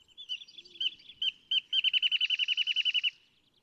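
Wrentit song, several loose introductory notes building into a fast, even trill of repeated whistled notes that stops suddenly after about three seconds.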